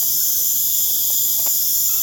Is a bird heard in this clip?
no